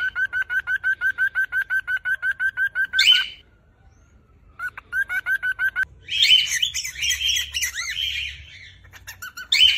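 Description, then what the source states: Cockatiel calls: a fast, regular train of short chirps, then loud harsh screeches; after a pause, another chirp run, a longer burst of raspy screaming and a final screech. Screams of a female and a male cockatiel.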